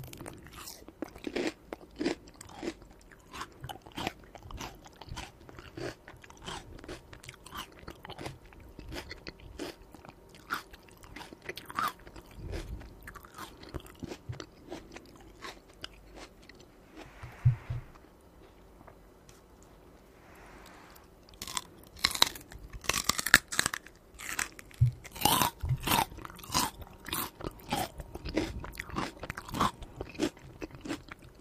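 Someone eats celery, with sharp, crisp crunches at a steady chewing rhythm. Around seventeen to twenty-one seconds the crunching pauses for a softer moment, then resumes louder and denser with bright snapping bites. A faint low hum sits underneath.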